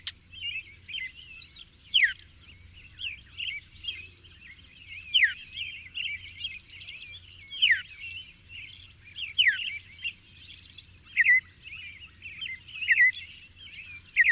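Bird song of quick downslurred whistles and varied warbled phrases at irregular intervals, amid continuous high chirping from other birds.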